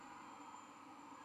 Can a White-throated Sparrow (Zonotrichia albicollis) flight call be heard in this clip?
no